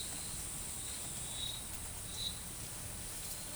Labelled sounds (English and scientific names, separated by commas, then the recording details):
none
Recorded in forest near Pivijay, Magdalena, Colombia, on 17 April 2023 at 13:30
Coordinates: 10.467, -74.380
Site Z5-G034